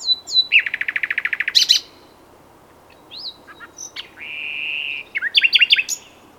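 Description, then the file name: Common nightingale song: a fast run of about a dozen repeated notes, a sharp burst, scattered chirps, then a long level whistle and a closing quick trill. "Luscinia megarhynchos"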